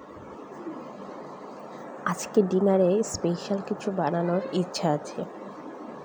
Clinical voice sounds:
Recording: elicited speech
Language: Bengali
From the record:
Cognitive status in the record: cognitively healthy

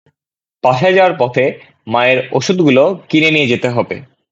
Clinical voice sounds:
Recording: elicited speech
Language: Bengali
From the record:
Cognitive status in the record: cognitively healthy

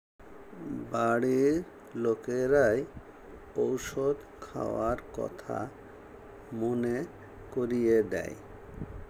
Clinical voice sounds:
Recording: elicited speech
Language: Bengali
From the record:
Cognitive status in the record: dementia

